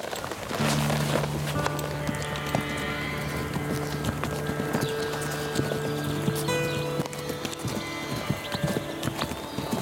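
Steady hoofbeats clip-clop in an even rhythm as a mare is ridden, with a low sustained hum and scattered rustling underneath throughout.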